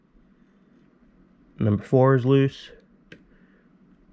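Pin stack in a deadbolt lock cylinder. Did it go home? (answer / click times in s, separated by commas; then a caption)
yes / 3.1 s. Pin 5 of a deadbolt lock cylinder is pushed up with a pick while the cylinder is held under tension. Someone talks, then a small, sharp click sounds at 3.1 s as the pin sets.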